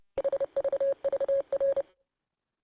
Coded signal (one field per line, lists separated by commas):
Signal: Morse code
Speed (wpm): 30 wpm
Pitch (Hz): 550 Hz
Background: none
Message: HVVR